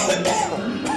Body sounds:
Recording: coughing mixed with background sound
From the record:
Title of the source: Mid-morning Winter Coughing Fit

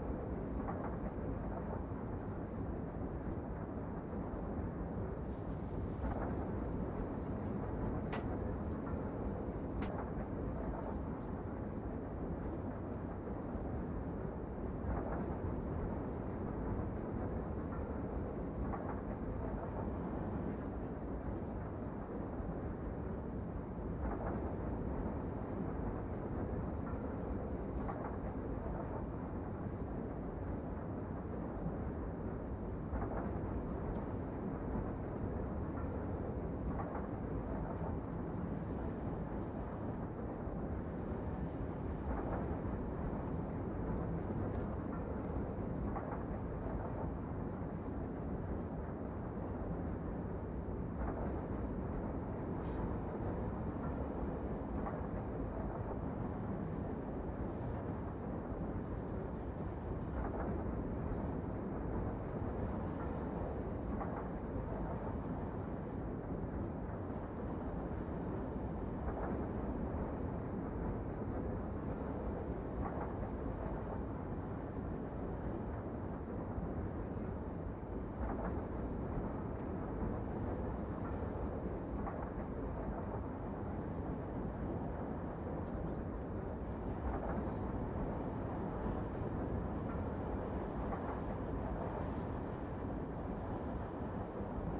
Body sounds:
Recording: background sound without coughing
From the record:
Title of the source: Train Ride Ambience ambient white noise for sleeping, focus, studying, reading

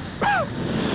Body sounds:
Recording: coughing mixed with background sound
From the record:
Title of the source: Heavy cold and sore throat coughing.

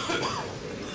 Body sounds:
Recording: coughing mixed with background sound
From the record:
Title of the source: Spring Cold Coughing 2

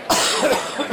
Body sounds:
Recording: coughing mixed with background sound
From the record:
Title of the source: Spring Allergy Coughing

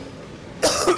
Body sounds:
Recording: coughing mixed with background sound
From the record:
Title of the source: Coughing 79

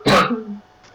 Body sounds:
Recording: coughing mixed with background sound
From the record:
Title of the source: Barking cough - # 10

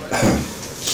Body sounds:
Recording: coughing mixed with background sound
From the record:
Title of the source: Spring Cold Coughing 3

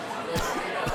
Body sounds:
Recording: coughing mixed with background sound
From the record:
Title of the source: Coughing 51

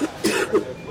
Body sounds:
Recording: coughing mixed with background sound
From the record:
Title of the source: 60 coughing still (deep and wet cough)

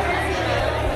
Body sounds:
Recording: background sound without coughing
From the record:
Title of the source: CITY SOUNDS Busy Bar in the Evening Night - 2 HOURS of Ambiance for Relaxation

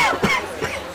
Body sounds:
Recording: coughing mixed with background sound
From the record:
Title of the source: Dry Coughing Fit in the Afternoon.

